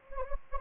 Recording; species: mosquito wingbeat signal from an infrared sensor; Anopheles gambiae